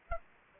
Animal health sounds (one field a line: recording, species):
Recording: mosquito wingbeat signal from an infrared sensor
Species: Aedes aegypti